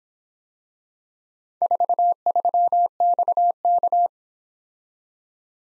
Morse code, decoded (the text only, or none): 43XK